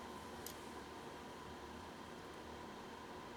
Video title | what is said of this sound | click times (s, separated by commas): Presenting Sandra Sokol's MIGHTY PFAFF 130-6, with a FABULOUS mounted Embroidery Kit never seen !!! | and you'll feel it slide into place and lock into place then we're going to bring this thread up | 0.5 s